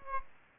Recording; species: mosquito wingbeat signal from an infrared sensor; Aedes aegypti